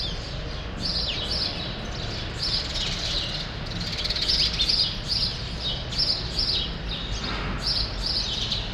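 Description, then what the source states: Busy chirping of sparrows, short tweets repeated in quick overlapping runs, set against steady low-pitched ambient noise. Sparrows still present for now in the small remaining part of a large grove, Rue Saint-Jean Népomucène, Brussels, Belgium; recorded with Immersive Soundscapes Earsight V2 AB microphones into a Zoom F3.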